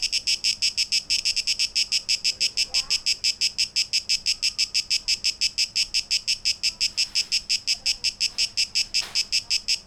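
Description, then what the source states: Cicada song in rapid rhythmic pulses, a high rasping buzz beating steadily, with a few faint lower sweeps. Cicadas, 12 August 2023, tape echo mix.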